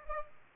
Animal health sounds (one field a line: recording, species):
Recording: mosquito wingbeat signal from an infrared sensor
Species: Culex pipiens